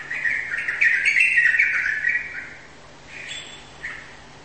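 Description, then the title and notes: Bird singing a dense, fast warbling phrase of chirps for about two seconds, then a few fainter scattered notes, over a steady low hum. "Bird Sound. Kicau Burung"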